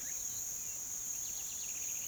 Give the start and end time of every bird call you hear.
[1.04, 2.08] bird call (1.8-4.9 kHz)

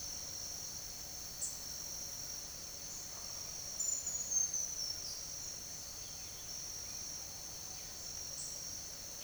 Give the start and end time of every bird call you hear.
[1.35, 1.52] bird call (5.8-10.0 kHz)
[2.87, 3.03] bird call (5.7-7.8 kHz)
[3.71, 5.22] bird call (4.0-7.8 kHz)
[8.30, 8.47] bird call (6.6-10.2 kHz)

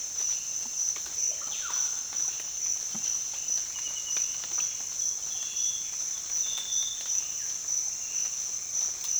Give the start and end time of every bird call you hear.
[1.23, 1.86] bird call (0.2-3.6 kHz)

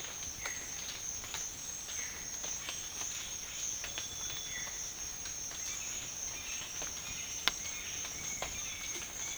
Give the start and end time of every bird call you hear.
[4.46, 4.86] bird call (1.4-2.4 kHz)

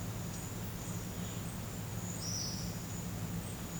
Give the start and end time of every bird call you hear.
[2.19, 2.69] bird call (4.3-6.3 kHz)

